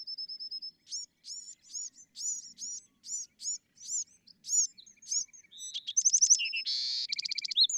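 Bewick's wren song: a thin, even run of high notes, then a series of sharp arched chips, ending in dry, buzzy trills.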